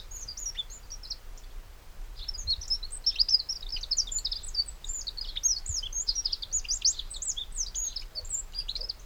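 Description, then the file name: Eurasian wren calling with quick, thin, high-pitched ticks and chirps, sparse at first, then thickening into a busy stream of notes; low rumble underneath. "Troglodytes troglodytes"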